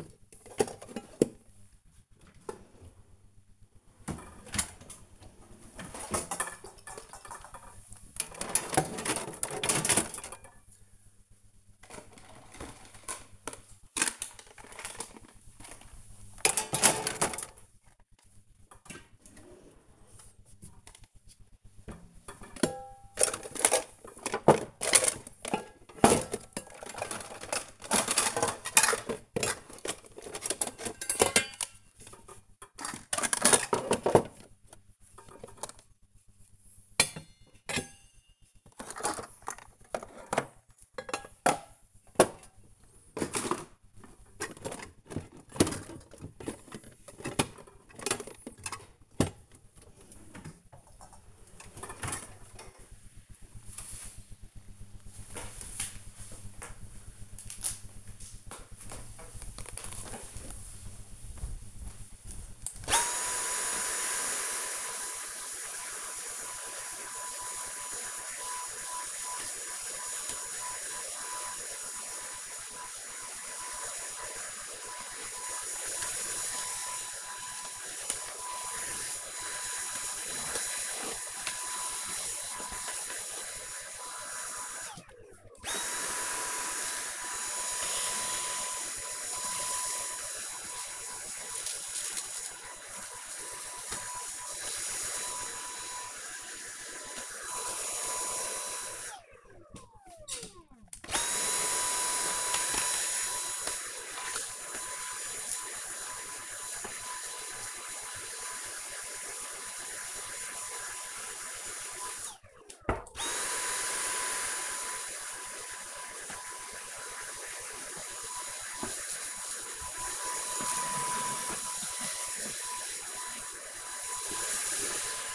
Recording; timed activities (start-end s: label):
household activities, microphone on the right wrist
0.00-52.09 s: putting away the dishes
58.13-125.35 s: vacuum cleaning